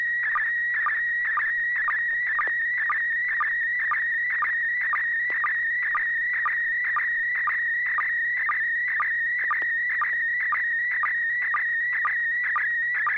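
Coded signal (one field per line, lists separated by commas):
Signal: SSTV (slow-scan television)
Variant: PD120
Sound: warbling tone around 1.9 kHz with steady rhythmic low chirps about twice a second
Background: low hum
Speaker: PD 120, continuation from last week.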